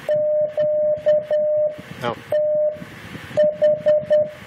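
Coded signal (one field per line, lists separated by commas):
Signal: Morse code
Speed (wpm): 9 wpm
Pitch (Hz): 600 Hz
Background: speech, radio noise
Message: QTH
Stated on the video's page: CW CQ contact.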